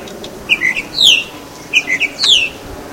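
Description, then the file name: Tropical mockingbird song: two matching phrases, each a few short sharp chirps followed by a longer falling slurred whistle, about 1.3 seconds apart, with faint background hiss. Recorded at Baby Beach, Aruba, on 21 November 2013. "Mimus-gilvus-Baby Beach-Aruba. ASilveira"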